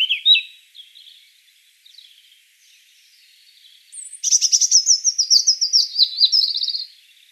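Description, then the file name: European robin song: a thin high note and soft warbled phrases, then a fast, shimmering series of high notes running for about three seconds before stopping. "Erithacus rubecula 240702"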